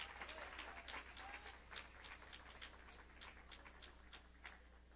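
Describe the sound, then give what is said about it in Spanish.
A crowd claps hands in praise of the Lord steadily and continuously, a dense, lively patter of many overlapping claps with a few sharper ones standing out, holding at an even loudness throughout. “Alábelo, alábelo con sus palmas, porque Él vive, porque Él es real.”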